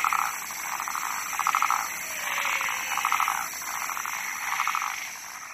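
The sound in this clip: Croaking frog, rattling pulsed notes about every second and a half, set against a constant high-pitched hiss.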